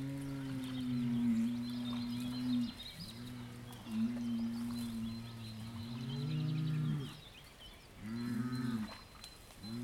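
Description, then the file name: Domestic cattle (bull): several deep moos follow one another with short breaks, with thin bird calls high above. Bulls standing in water, mooing and bellowing nearby, among reeds, with birds present. "Bullen im Wasser Muhen nahe Schreie Schilf Vögel"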